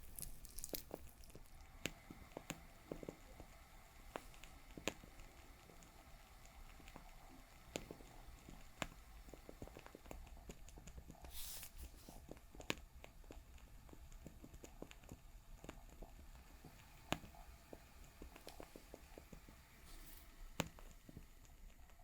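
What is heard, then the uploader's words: A fire crackles steadily over a low rumble, with sharp pops every second or two and a brighter hissing burst near eleven seconds. Crackling Fire Sounds.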